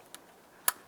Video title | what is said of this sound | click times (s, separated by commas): How to Replace Engine Knock Sensor 2010-2013 Ford Transit Connect | press it in listen for a click connect | 0.7 s